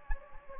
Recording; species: mosquito wingbeat signal from an infrared sensor; Anopheles gambiae